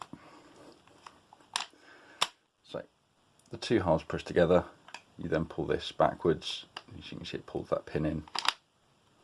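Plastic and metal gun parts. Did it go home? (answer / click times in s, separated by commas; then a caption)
no / none. The two halves of an Ace1Arms Ruger 10/22 Takedown Kit airsoft replica rifle, the barrel half and the receiver half, are pushed together, and a retaining piece is pulled back to draw the pin in. Sharp handling knocks and clacks are heard early on, then someone talks over softer handling noise. The barrel half has not yet been twisted to lock, and nothing has seated or clicked yet.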